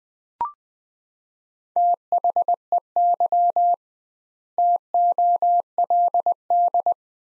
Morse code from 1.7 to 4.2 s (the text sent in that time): THEY